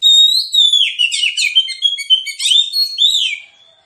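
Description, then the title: Oriental magpie-robin song: a loud sustained whistle dropping into rapid, varied warbled notes and sweeping whistles, continuous for over three seconds. Magpie-robin (kacer) singing in a fighting style, full of loud bursts ('tembakan'), meant to provoke rivals to fight; also offered as therapy for birds reluctant to sing. "Kacer Langsung Tarung Konslet KACER NGOTOT FULL TEMBAKAN. Kicau Kacer santaiterapi Kacer males bunyi"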